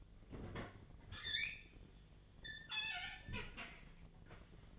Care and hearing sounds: daily activity, microphone in the room; open fridge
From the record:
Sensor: 4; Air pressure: 1010.5 hPa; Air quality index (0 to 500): 177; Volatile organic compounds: 5 ppm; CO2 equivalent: 1799 ppm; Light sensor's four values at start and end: 33/97/38/38 and 27/81/32/32

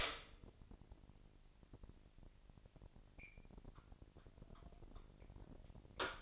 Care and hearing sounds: daily activity, microphone in the room; stop toaster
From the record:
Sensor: 5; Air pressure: 1007.2 hPa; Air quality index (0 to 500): 124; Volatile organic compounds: 1 ppm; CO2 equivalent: 941 ppm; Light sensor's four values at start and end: 28/64/26/27 and 27/63/26/27

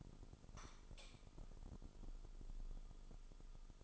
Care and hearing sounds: daily activity, microphone in the room; light on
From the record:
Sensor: 5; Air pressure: 988.5 hPa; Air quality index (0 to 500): 217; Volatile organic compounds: 119 ppm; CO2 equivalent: 3868 ppm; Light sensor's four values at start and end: 43/129/50/54 and 44/135/52/56

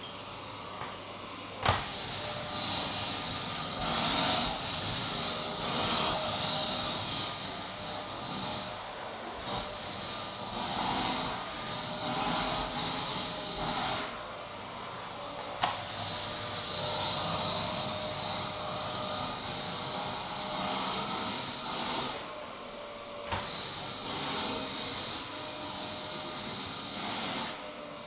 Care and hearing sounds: daily activity, microphone in the room; vacuum cleaning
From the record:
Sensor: 3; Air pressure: 1002.0 hPa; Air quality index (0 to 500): 248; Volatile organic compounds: 52 ppm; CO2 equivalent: 3321 ppm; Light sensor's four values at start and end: 12/37/16/13 and 12/37/16/13

